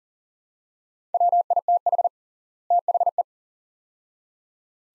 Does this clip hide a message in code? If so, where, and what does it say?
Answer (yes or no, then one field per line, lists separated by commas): yes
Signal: Morse code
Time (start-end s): 1.1-3.2 s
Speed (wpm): 40 wpm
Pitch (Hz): 700 Hz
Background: none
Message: WITH THE